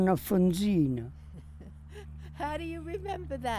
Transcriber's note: laughs